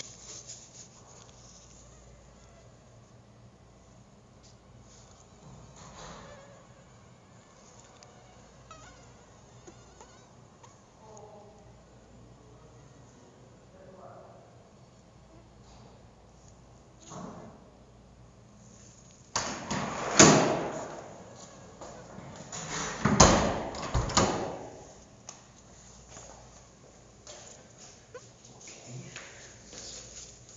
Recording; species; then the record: mosquito flight sound by mobile phone; Anopheles dirus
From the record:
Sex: mixed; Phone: Google Nexus